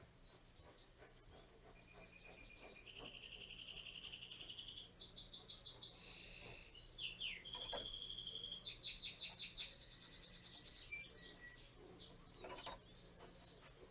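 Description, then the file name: Canary (Spanish Timbrado): canary song, soft against steady background noise: varied phrases of fast trills, buzzy rolls and brief whistled tones that change every second or two. Spanish Timbrado canary singing; title also calls it a Belgian canary. "canto do canario belga timbrado espanhol"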